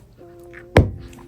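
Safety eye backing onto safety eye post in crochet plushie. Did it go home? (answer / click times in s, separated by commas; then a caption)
yes / 0.8 s. A plastic backing is pressed with a safety eye tool onto the post of the second safety eye in a crochet plushie, clicked only once so the eye doesn't sink too far into the plushie. Over a quiet background with faint steady tones, one sharp click sounds at 0.8 s. The backing seats on the post.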